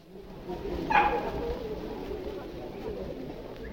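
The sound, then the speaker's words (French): A dog lets out a sharp, high bark over a steady murmur of people talking at a busy dog and cat market held at the Cité market, alongside the flower and bird markets, then the crowd noise carries on. “Certains de nos auditeurs se sont étonnés et même émus que le marché des chiens et des chats qui était autorisé, ou tout au moins qui était toléré au marché de la cité, au marché aux fleurs et au marché aux oiseaux, ait”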